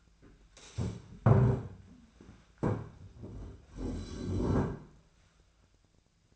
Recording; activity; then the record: daily activity, microphone in the room; stand up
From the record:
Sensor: 2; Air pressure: 1007.9 hPa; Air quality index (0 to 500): 180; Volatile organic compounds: 10 ppm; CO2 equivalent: 2214 ppm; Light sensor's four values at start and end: 10/25/10/10 and 10/24/10/10